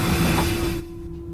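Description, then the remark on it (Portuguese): A train rumbles along the rails with a loud, broad rushing noise and a steady low hum, then the rush drops off sharply partway through, leaving a quieter drone. “ouviu isso? O trem tá aqui, vem com a gente.”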